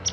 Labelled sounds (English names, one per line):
Palm Warbler flight call